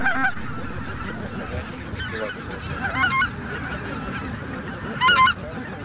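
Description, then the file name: Greater white-fronted goose: greater white-fronted geese in chorus: many overlapping high, yelping honks over a steady babble, with louder calls standing out near the middle and end. White-fronted goose flock chorus ('bazaar'), for an electronic hunting caller. "Белолобый базар"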